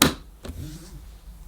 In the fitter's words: The wand pushes into the handle like so. You'll hear a click when it's fully engaged.